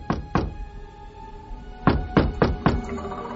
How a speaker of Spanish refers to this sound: A veces ocurría que alguien llamaba a la puerta.